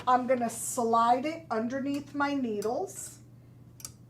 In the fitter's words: and it just snaps into place